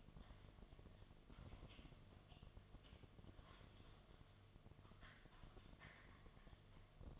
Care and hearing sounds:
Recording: daily activity, microphone in the room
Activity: typing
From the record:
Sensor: 4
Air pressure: 1005.2 hPa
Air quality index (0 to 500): 182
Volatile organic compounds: 5 ppm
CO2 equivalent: 1791 ppm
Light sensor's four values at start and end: 6/12/5/4 and 6/12/5/4

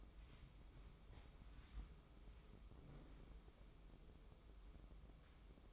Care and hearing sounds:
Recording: daily activity, microphone in the room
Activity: wipe stove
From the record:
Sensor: 1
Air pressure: 996.1 hPa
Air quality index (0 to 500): 73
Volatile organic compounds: 3 ppm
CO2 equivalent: 1536 ppm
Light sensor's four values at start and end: 29/103/39/40 and 28/103/39/40

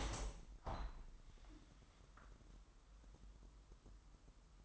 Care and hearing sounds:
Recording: daily activity, microphone in the room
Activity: open window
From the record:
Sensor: 3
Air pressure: 998.6 hPa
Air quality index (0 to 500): 146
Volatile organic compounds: 5 ppm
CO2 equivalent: 1755 ppm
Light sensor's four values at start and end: 10/24/10/10 and 10/24/10/11

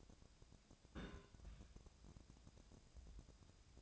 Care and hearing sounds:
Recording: daily activity, microphone in the room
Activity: place on stove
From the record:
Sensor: 2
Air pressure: 999.8 hPa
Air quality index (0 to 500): 122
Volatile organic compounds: 2 ppm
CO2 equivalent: 1054 ppm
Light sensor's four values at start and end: 36/88/39/43 and 36/88/39/43

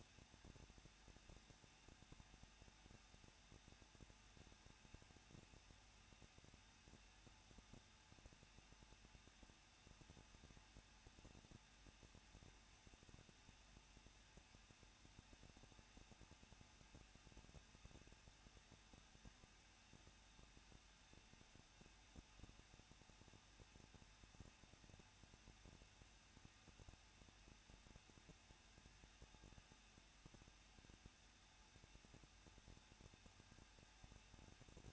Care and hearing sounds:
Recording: daily activity, microphone in the room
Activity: no activity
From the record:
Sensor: 2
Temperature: 21.0 degrees Celsius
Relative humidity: 37.5%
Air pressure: 1006.2 hPa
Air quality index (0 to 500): 223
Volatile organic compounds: 25 ppm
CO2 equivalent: 2828 ppm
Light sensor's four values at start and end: 2/3/2/2 and 2/3/2/2

